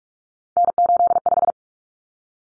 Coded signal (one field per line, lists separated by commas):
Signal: Morse code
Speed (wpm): 44 wpm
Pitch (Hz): 700 Hz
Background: none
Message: N85